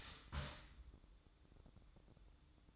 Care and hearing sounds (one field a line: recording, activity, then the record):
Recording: daily activity, microphone in the room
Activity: start toaster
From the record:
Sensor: 3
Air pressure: 1007.2 hPa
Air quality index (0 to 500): 56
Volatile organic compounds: 1 ppm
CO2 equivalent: 598 ppm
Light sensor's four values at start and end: 8/18/7/7 and 8/18/7/7